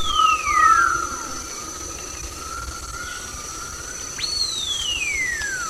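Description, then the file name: Wattled curassow: a long, level whistle with a falling note over its start, then a sudden high note gliding steadily down; a constant high tone sounds behind. "Wattled Currassow Karunkelhokko"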